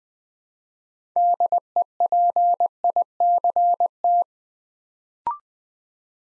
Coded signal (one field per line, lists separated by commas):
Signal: Morse code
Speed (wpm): 20 wpm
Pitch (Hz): 700 Hz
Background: none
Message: DEPICT